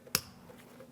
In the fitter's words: Install the connector. Push until you hear a click.